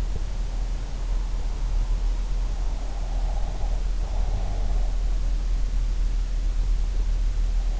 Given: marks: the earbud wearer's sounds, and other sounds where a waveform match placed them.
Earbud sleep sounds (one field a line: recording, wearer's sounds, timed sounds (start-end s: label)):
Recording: sounds in sleep by an in-ear microphone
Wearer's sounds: breath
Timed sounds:
2.85-4.89 s: breath